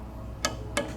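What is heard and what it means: A compact torque wrench fitted through to a propeller hub bolt is pulled until it breaks over, giving a sharp click at 0.4 s that confirms the torque setting has been reached. A second, similar click follows at 0.8 s over a low steady background hum.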